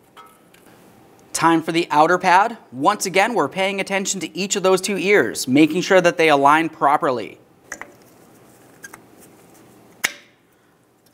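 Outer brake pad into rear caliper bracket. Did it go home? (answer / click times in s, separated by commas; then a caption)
yes / 10.1 s. On a 1998–2002 Lincoln Navigator, the outer rear brake pad is lined up by its two ears and slid into the rear caliper bracket's abutment clips while someone talks. After a few faint clicks around 7.7–8.9 s, a sharp metal click at 10.1 s marks the pad seating into the bracket, with the pad checked as secure on both sides.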